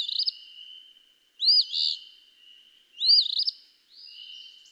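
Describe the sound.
Eastern phoebe: two clear raspy fee-bee phrases plus the end of another, over a thin steady high tone in the background.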